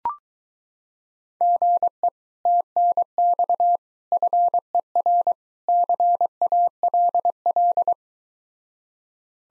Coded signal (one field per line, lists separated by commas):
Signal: Morse code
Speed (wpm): 23 wpm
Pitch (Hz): 700 Hz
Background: none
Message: GE TNX FER CALL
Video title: Common QSO Phrases Encore Speed-Racing - 15wpm